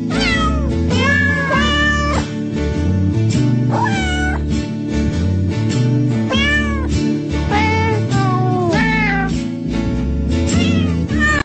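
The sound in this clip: Cat meows: repeated rising-falling mews at irregular intervals, over steady music playing throughout.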